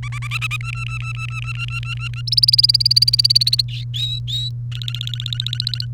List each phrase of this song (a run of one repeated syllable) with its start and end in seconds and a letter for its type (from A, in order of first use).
0.03-0.56 A, 0.60-2.21 B, 2.27-3.62 C, 3.68-4.49 D, 4.72-5.85 E